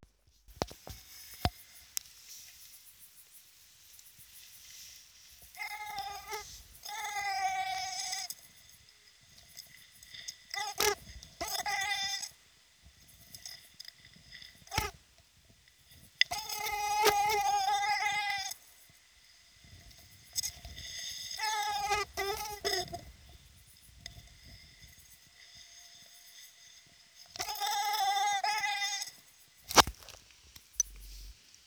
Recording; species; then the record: mosquito flight sound by mobile phone; Aedes sierrensis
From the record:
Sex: female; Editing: field recording with all noises